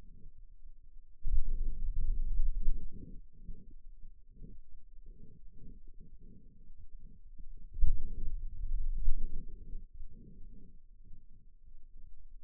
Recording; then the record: forearm muscle sounds (acoustic myography)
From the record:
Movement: finger pinch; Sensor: system 2, bracelet of six BSWA MPA416 microphones around the upper forearm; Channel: 4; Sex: male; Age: 22 years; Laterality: right